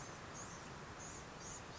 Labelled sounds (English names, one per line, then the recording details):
Blue-gray Gnatcatcher
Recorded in Sonoma County, California